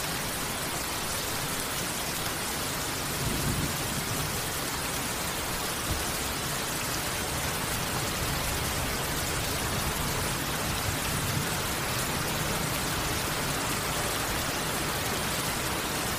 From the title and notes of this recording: Black Rain and Thunderstorm. Distantthunder.